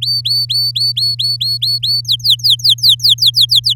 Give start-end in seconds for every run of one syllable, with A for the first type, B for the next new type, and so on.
0.01-2.01 A, 2.04-3.74 B